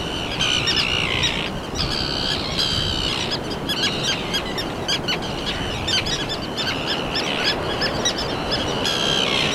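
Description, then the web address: Common tern calls, many harsh, nasal notes overlapping throughout. "garajau-comum Vocalizacoes"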